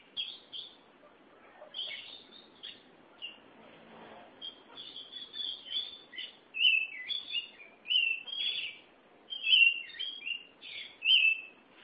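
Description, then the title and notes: Oriental magpie-robin song: soft chattering at first, then louder sweet whistled notes and trills repeated in quick succession. "Suara Kicauan Burung Kacer Durasi Panjang. Suara kicauan burung kacer format mp3 durasi panjang"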